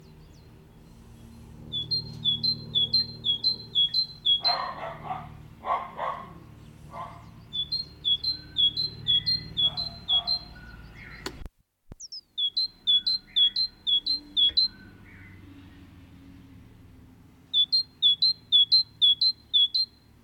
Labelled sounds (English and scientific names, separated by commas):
Great Tit (Parus major) song